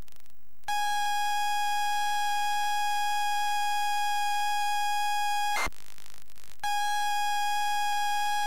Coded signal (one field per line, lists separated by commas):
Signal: ZX Spectrum tape loading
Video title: ZX Spectrum Return Of The Jedi